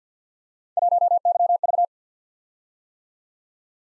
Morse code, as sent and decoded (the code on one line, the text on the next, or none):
.---- -.-- ...-
1YV